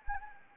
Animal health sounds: mosquito wingbeat signal from an infrared sensor; Anopheles arabiensis

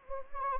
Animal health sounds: mosquito wingbeat signal from an infrared sensor; Anopheles arabiensis

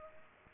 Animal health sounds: mosquito wingbeat signal from an infrared sensor; Culex pipiens

